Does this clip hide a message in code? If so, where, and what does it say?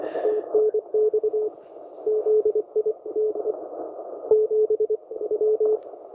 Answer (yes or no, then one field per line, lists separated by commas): yes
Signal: Morse code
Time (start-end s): 0.3-5.8 s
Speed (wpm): 24 wpm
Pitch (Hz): 430 Hz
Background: radio noise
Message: TNX ZITE 7 W